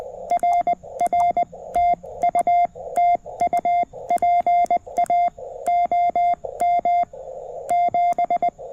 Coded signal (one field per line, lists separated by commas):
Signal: Morse code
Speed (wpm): 20 wpm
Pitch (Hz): 2100 Hz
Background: none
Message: RR TU TU PA OM 7